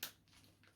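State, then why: Seated. The small plastic locating tab on a two-piece ostomy bag coupling is clicked together, giving one sharp, bright click at 0.03 s followed by faint, softer handling sounds. The tab seats at 0.03 s, which stops the bag pulling away from the flange.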